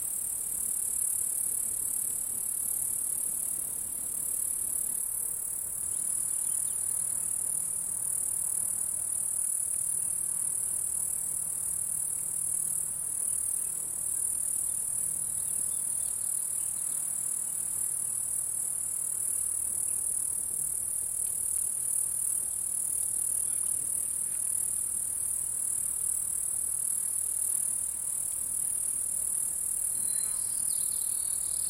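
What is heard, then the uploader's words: An afternoon on a mountainside, filled with a dense, steady, high-pitched insect buzz, with a faint low hum underneath and a brief chirp near the end. We spent a lovely afternoon on Mt St Helens. Sound Devices 702 mid/ pressure: MKH8020 side/ gradient: MKH30. Biophony: Insect.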